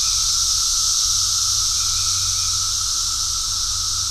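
Cicadas, a steady unbroken high hissing buzz that holds level throughout, with a fainter constant tone underneath.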